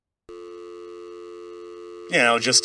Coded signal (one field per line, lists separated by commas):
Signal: telephone call progress tone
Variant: North America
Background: speech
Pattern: dial tone